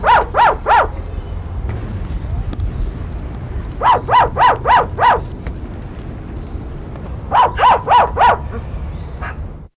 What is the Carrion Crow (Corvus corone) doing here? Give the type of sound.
call